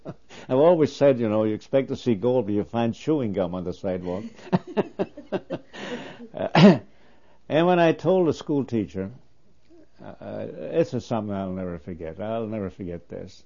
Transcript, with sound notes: I always said, you know, you expect to see gold but you find chewing gum on the sidewalks. (They laugh.) And when I told the school teacher, this is something I'll never forget, I'll never forget this.